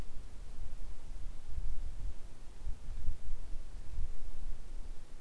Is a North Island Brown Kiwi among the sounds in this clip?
no